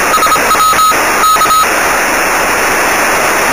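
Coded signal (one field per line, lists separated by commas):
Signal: Morse code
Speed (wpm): 26 wpm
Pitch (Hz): 1310 Hz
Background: none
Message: SW K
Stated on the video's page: CW contacts via the FO-29 satellite.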